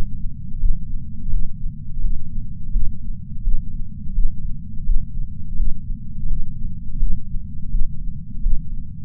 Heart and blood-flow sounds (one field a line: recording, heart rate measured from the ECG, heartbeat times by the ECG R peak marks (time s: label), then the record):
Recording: heart sounds by patch sensor on the chest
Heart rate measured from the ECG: 84 bpm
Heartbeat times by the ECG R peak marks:
0.61 s: heartbeat
1.32 s: heartbeat
2.03 s: heartbeat
2.73 s: heartbeat
3.45 s: heartbeat
4.16 s: heartbeat
4.86 s: heartbeat
5.57 s: heartbeat
6.30 s: heartbeat
7.01 s: heartbeat
7.72 s: heartbeat
8.43 s: heartbeat
From the record:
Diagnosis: coronary artery disease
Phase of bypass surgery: postoperative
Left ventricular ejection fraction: 63%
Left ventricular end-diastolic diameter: 47 mm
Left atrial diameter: 42 mm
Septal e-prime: 6.9 cm/s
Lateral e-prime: 10.4 cm/s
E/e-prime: 10.3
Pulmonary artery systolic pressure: 20 mmHg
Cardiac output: 7.8 L/min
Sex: female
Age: 70 years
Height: 164 cm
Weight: 70 kg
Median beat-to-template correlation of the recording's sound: 0.88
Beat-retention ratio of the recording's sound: 1.00